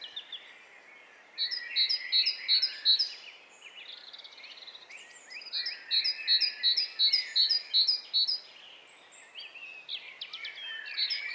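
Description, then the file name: Great tit sounding two bouts of clear high two-note phrases, each bout about five to eight repeats, over a busy background of other birdsong. "Parus major"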